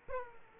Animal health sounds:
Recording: mosquito wingbeat signal from an infrared sensor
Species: Aedes aegypti

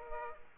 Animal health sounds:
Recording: mosquito wingbeat signal from an infrared sensor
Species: Aedes aegypti

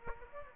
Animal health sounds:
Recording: mosquito wingbeat signal from an infrared sensor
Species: Aedes aegypti

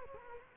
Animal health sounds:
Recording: mosquito wingbeat signal from an infrared sensor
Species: Culex quinquefasciatus

